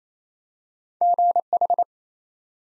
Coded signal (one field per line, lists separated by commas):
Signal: Morse code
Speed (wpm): 29 wpm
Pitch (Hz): 700 Hz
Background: none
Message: GH